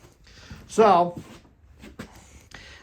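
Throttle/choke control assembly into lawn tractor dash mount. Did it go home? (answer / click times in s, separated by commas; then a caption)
yes / 2.6 s. A replacement throttle and choke control assembly, part AM140333, is pressed into its dash mount on a John Deere X300 riding mower, replacing one whose orange lever wire snapped. Someone talks, then a sharp click is heard at 2.6 s as the control snaps into place and seats.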